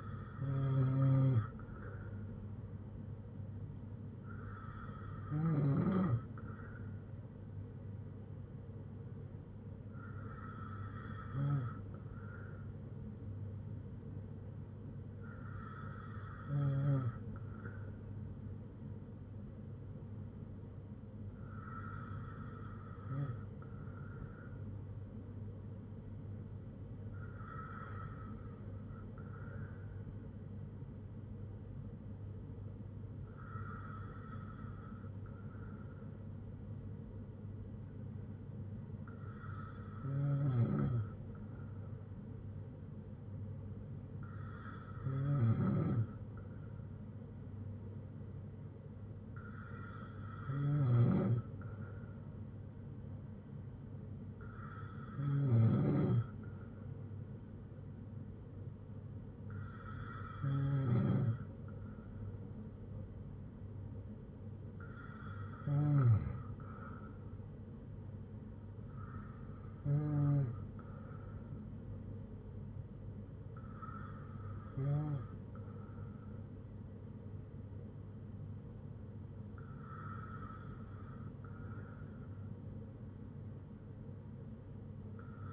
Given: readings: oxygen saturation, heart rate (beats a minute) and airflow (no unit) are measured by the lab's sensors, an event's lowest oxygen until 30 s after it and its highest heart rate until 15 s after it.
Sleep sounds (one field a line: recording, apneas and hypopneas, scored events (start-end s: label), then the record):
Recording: breathing in sleep by a smartphone at the bedside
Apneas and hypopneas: none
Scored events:
none scored
From the record:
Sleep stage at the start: N2 (light sleep)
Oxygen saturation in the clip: 94 to 95%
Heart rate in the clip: 57 to 71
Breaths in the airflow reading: 16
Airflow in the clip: -6.5 to 6.4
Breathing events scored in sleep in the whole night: 182 in 7.4 hours asleep